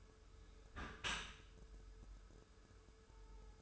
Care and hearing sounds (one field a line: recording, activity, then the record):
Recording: daily activity, microphone in the room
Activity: close dishwasher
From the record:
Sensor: 2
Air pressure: 1014.8 hPa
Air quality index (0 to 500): 25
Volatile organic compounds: 1 ppm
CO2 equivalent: 505 ppm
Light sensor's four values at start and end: 10/23/9/10 and 10/23/9/10